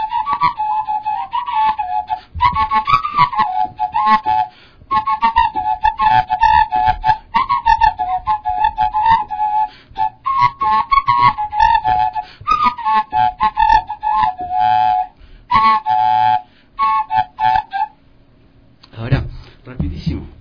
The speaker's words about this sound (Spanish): Este es una botella silbato.